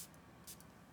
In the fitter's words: Oh, and the cap does click into place there.